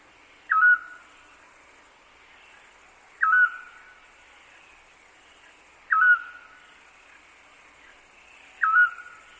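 Scops owl giving short, clear whistled hoots, one about every 2.7 seconds, four in all, over a steady high hiss.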